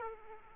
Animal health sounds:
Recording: mosquito wingbeat signal from an infrared sensor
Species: Aedes aegypti

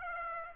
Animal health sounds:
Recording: mosquito wingbeat signal from an infrared sensor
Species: Aedes aegypti

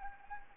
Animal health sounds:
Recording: mosquito wingbeat signal from an infrared sensor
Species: Anopheles arabiensis

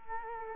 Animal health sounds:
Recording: mosquito wingbeat signal from an infrared sensor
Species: Culex quinquefasciatus

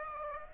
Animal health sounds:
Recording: mosquito wingbeat signal from an infrared sensor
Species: Aedes aegypti

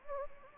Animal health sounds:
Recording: mosquito wingbeat signal from an infrared sensor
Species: Anopheles gambiae

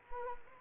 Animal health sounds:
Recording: mosquito wingbeat signal from an infrared sensor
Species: Anopheles arabiensis

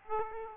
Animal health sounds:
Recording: mosquito wingbeat signal from an infrared sensor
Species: Aedes aegypti

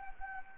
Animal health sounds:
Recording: mosquito wingbeat signal from an infrared sensor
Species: Anopheles gambiae

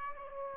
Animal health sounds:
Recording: mosquito wingbeat signal from an infrared sensor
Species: Aedes aegypti

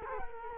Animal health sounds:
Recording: mosquito wingbeat signal from an infrared sensor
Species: Culex quinquefasciatus

